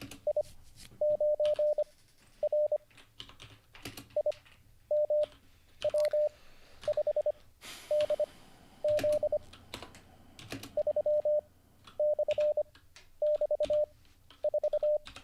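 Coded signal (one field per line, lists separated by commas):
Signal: Morse code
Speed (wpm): 25 wpm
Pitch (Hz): 600 Hz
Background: none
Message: I9R IMW5DZ 3/<BT>4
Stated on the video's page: Livestreamed Morse code learning lesson, day 38.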